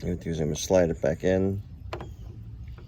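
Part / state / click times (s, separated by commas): turn signal bulb socket into front lamp housing / seated / 1.9 s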